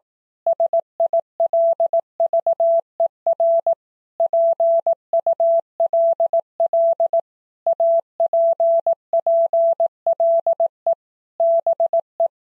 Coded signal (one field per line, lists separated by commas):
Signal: Morse code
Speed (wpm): 18 wpm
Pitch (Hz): 670 Hz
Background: none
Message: SILVER PULL APPLE BE